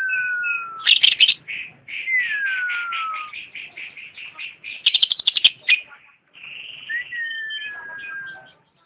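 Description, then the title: Lovebird song with long descending whistles between bursts of rapid, buzzy, shrill chattering notes. Champion lovebird singing. "KICAU BURUNG LOVEBIRD JUARA"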